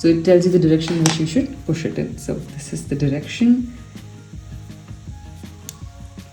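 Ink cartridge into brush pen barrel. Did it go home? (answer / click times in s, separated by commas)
partly / 5.7 s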